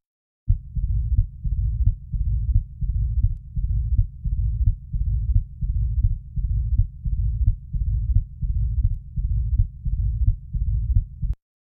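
Regular, deep adult heartbeats at about 88 a minute, recorded with a Thinklabs digital stethoscope, with a loud first sound and a low-pitched rumbling murmur after the second sound. This is the mid-diastolic rumble of mitral stenosis: slow, low-velocity blood flow through a narrowed mitral valve, with a loud S1 from thickened valves that need a large systolic force to shut.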